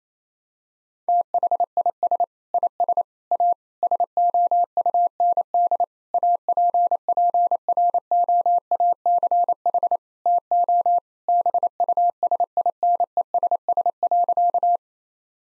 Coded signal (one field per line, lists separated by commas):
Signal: Morse code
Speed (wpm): 28 wpm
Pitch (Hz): 700 Hz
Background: none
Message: THIS IS A SOUND APPROACH TO BUSINESS.